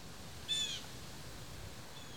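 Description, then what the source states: Blue jay giving a single brief harsh call, rough and harmonic-rich, against faint background wind. Recorded in autumn, October, in wind.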